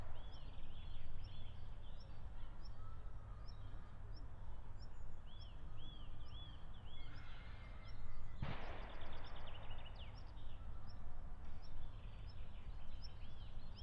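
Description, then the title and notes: European green woodpecker calling, a series of arched, laughing notes repeated quickly, then again after a loud gunshot, with small birds chirping higher and steady low rumble throughout. Meadow right beside a shooting range in Siemianowice Śląskie, Poland, Saturday 23 March 2019; regular gunshots, woodpecker unbothered; recorded with Zoom H5 and Audio-Technica BP4025 microphone. "aleja Spacerowa. Siemianowice Śląskie, Polska - Łąka przy strzelnicy. sobota 23 marca 2019. Dzięcioł zielony (Picus viridis)"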